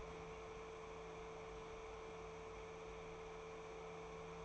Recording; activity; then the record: daily activity, microphone in the room; open fridge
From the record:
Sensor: 1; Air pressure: 1015.0 hPa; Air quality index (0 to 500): 193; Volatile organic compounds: 21 ppm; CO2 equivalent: 2738 ppm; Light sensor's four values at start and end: 23/59/25/29 and 15/38/16/18